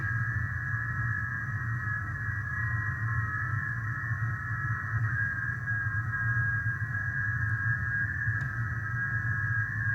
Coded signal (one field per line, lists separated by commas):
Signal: FT8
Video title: Adding Two Band Capability to the Homebrew SDR